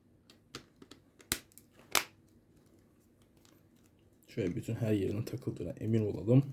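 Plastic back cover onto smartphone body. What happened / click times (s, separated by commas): Plastic back cover snapped onto the phone / 0.6 s, 1.3 s, 2.0 s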